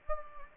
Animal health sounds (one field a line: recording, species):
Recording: mosquito wingbeat signal from an infrared sensor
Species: Anopheles gambiae